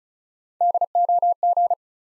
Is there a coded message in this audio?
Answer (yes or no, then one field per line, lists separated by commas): yes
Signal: Morse code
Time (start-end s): 0.6-1.7 s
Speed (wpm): 36 wpm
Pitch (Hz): 700 Hz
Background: none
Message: DOG